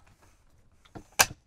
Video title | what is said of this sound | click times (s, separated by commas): Telescoping Ladder for the RV, You need one for Safety! (RV Living)4K | now for extending when you extend it up and it goes to click | 1.2 s